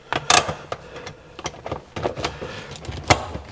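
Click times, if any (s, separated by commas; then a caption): 3.1 s. A handbrake gaiter/boot surround is pressed into the centre console of a Golf Mk3, producing a series of plastic knocks and rattles. It clicks into place with a final sharp snap at 3.1 s and is seated.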